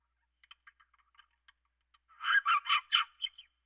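Monk parakeet calls, soft quick chatter building into a run of loud harsh squawking notes.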